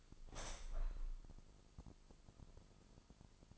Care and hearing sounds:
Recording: daily activity, microphone in the room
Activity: open window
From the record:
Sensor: 5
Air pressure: 1004.8 hPa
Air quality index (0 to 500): 80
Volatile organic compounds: 1 ppm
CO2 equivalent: 955 ppm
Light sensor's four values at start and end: 27/64/25/22 and 28/65/25/23

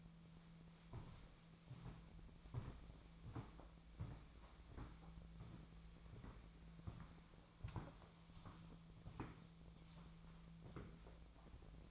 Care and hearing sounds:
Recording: daily activity, microphone in the room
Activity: walk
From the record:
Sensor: 1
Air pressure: 1008.4 hPa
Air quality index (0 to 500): 190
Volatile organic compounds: 17 ppm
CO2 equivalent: 2569 ppm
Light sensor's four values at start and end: 18/45/18/21 and 18/45/18/21

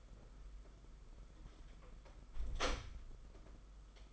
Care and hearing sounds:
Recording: daily activity, microphone in the room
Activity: close door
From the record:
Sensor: 5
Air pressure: 991.7 hPa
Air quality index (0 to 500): 134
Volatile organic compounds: 84 ppm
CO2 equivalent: 3640 ppm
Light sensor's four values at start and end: 36/117/44/47 and 36/117/44/47

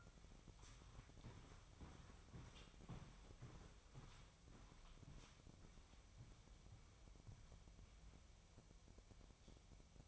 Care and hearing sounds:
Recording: daily activity, microphone in the room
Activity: walk to room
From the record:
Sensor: 1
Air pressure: 999.5 hPa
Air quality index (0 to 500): 198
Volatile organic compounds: 40 ppm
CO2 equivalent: 3143 ppm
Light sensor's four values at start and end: 10/23/9/10 and 10/24/9/10

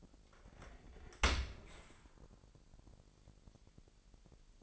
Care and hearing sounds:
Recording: daily activity, microphone in the room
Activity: open dishwasher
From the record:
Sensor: 5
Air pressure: 1000.8 hPa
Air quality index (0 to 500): 248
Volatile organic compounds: 35 ppm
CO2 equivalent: 3051 ppm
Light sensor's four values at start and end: 31/71/28/26 and 31/72/29/27

